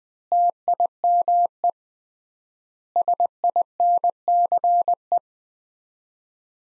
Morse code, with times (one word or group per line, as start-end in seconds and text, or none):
0.3-1.7 TIME
3.0-5.2 SINCE